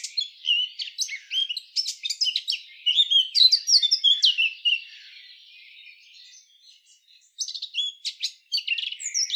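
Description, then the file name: Eurasian blackcap warbling continuously with fast, jumbled chirps and whistles, fading into a softer passage near five seconds before a fresh burst of notes. "Sylvia atricapilla"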